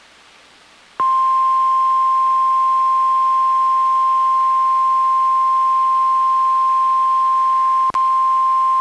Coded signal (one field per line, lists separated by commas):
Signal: Emergency Alert System (SAME) tones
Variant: 1050 Hz attention tone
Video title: NOAA Weather Radio - Weekly EAS Test - 8/8/18